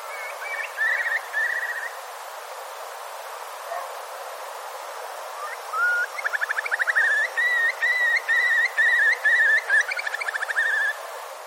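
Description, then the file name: Eurasian curlew calling: a few slurred whistles at first, then, after a pause, a rising whistle leading into a long bubbling series of quick repeated fluty notes. "daishaku"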